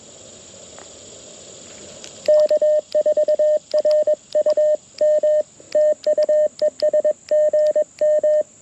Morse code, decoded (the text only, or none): K4RUM TU ES GM